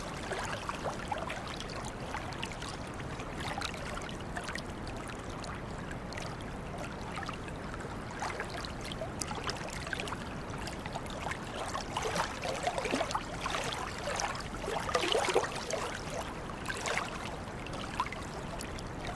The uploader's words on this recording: Water Sounds For Relaxation In The Greek Islands.